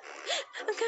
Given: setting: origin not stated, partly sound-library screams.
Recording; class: one-second piece from a danger detection set; woman in danger